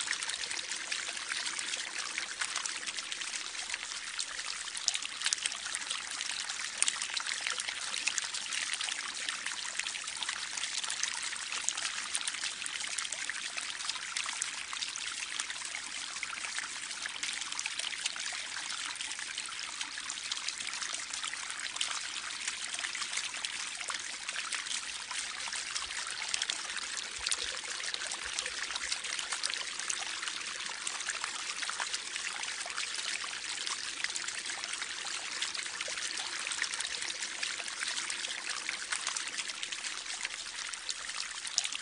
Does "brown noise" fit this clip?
no